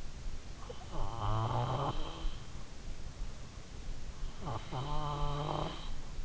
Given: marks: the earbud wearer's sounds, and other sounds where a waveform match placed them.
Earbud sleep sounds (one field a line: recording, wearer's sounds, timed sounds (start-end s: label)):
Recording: sounds in sleep by an in-ear microphone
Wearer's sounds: snoring breath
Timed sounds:
0.09-2.32 s: snoring breath
3.92-6.15 s: snoring breath